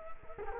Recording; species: mosquito wingbeat signal from an infrared sensor; Culex quinquefasciatus